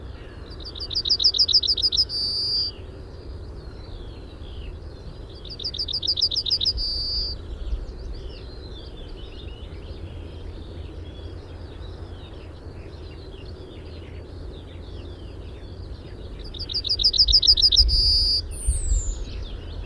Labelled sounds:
Yellowhammer song
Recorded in the wild
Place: Alt Reddevitz, Insel Rügen, Mecklenburg-Vorpommern, DE
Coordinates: 54.32, 13.71
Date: 1970-05-03
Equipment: Nagra III BH, Sennheiser MD 21, parabola
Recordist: Schubert, Michael

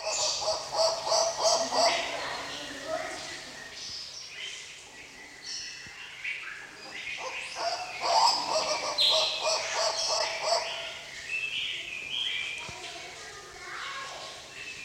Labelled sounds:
White-cheeked Turaco call
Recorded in captivity
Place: Zoo Berlin, Berlin, DE
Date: 1986-12-30 11:20
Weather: slightly cloudy, bright 5°
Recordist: Tembrock, Günter

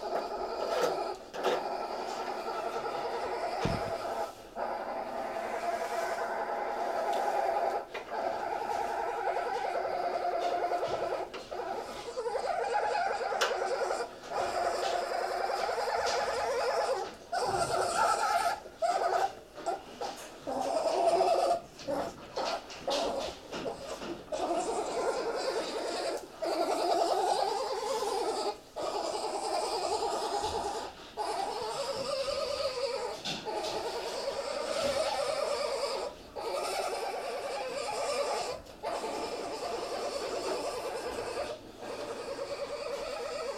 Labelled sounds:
Golden Jackal howling
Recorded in captivity
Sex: male
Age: adult
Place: Zoo Halle, Sachsen-Anhalt, DE
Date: 1957-03-05
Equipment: BG 19/2, RFT-Super 5 E 63, Kondensatormikrofon mit MVT 4050
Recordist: Heydecke, Rolf

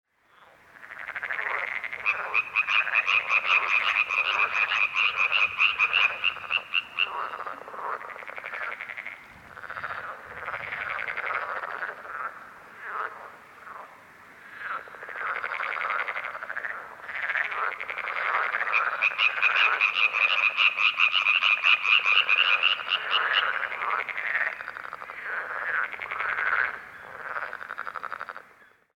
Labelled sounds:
Common Tree Frog
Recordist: Frommolt, Karl-Heinz
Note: Paarungsrufe von Laubfröschen

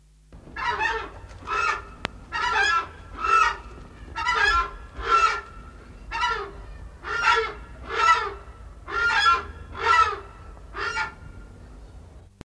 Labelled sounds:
Southern Screamer call
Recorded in captivity
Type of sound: call
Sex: pair
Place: Zoo Frankfurt, Hessen, DE
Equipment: Halbspur, 9,5 cm/s
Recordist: Lütgens, Hans
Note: Ein Paar

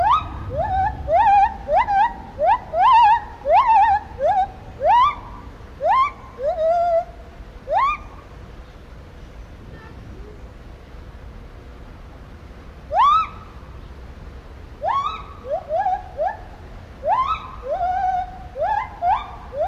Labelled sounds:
Lar Gibbon
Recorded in captivity
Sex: female
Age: adult
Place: Zoo Berlin, Berlin, DE
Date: 1994-08-27
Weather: heiter, 16-22°C
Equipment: Marantz CP 430, Sennheiser ME 80, Kopie Uher Variocord 263
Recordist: Tembrock, Günter

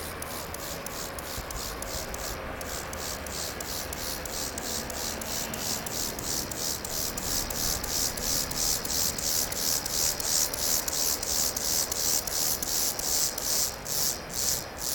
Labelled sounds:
Lesser Field Grasshopper stridulation
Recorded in the wild
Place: Karower Teiche, Naturpark Barnim, Berlin, DE
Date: 1992-09-27 12:22
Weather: sonnig, 17-22°C
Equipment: Marantz CP 430, Sennheiser ME 80, Kopie Tesla B 116
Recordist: Tembrock, Günter
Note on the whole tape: Karower Fischteiche; Männchen am Weibchen und Werbestrophe

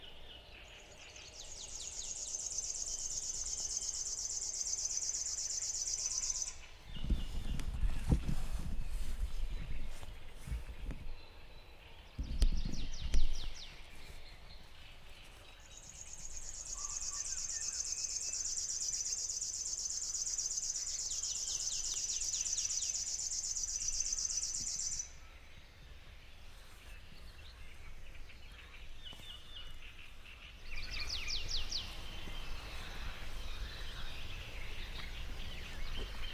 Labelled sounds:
River Warbler song
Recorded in the wild
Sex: male
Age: adult
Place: Hobrechtsfelder Rieselfelder, Naturpark Barnim, Brandenburg, DE
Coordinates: 52.6669, 13.47
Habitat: poplar grove
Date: 2008-05-12
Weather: clear, ca. 10°C, no wind
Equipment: Sound Devices 702, Sennheiser MKH 70, Windkorb
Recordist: Frommolt, Karl-Heinz

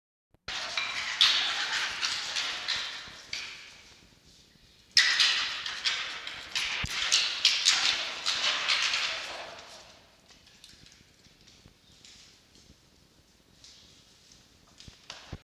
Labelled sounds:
Red Fox
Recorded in captivity
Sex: female
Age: juvenile
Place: Zoologisches Institut der HUB, Berlin, DE
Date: 1953-05-30 13:15
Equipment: Elmetra
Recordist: Tembrock, Günter
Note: Molly: Stoßlaute bei Verteidigung des Futters

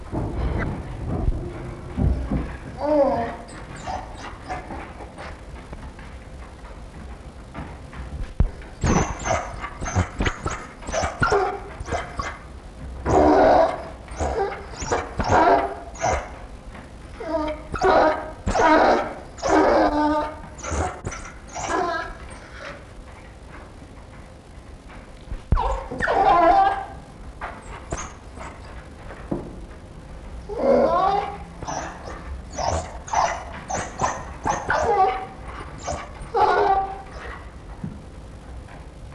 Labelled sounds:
African Wild Dog
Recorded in captivity
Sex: female
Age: adult
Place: Tierpark Berlin, Berlin, DE
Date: 1963-12-25 10:30
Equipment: Minifon, Kopie BG 26/1
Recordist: Tembrock, Günter
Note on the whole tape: 1961 gezüchtet. Rhythmisches Winseln und andere Laute, als Pfleger vorbeigehen und nachdem sie fort sind. Abstand: 3-4 m. Aufnahmezeit: 10.30 bis 13.30 Uhr

